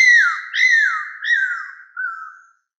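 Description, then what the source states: Cuckoo-roller calls: four loud whistled notes in quick succession, each sliding downward, the last one softer. Madagascar.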